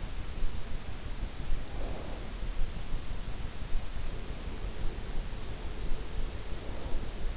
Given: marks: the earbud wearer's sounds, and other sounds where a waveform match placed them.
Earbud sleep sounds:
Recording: sounds in sleep by an in-ear microphone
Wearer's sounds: snoring breath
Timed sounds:
1.61-2.35 s: snoring breath
6.44-7.18 s: snoring breath

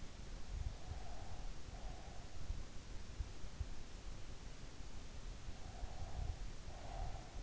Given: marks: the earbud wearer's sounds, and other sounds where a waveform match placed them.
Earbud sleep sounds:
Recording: sounds in sleep by an in-ear microphone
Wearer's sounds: breath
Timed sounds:
0.75-2.09 s: breath
5.70-7.43 s: breath

